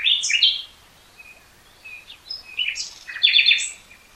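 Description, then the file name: Common nightingale song, loud harsh notes, a quiet gap with soft whistles, then a burst of rapid rich phrases. "Luscinia megarhynchos"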